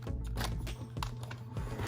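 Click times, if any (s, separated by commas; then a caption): 1.0 s. A plastic side piece, the second one, is pushed into its slot on a Transformers Siege for Cybertron Jetfire transforming robot toy figure. Soft handling rustles and small taps lead into a short, sharp click at 1.0 s as the piece snaps into place and seats. A low steady hum sits underneath.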